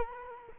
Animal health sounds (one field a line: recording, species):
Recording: mosquito wingbeat signal from an infrared sensor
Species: Culex quinquefasciatus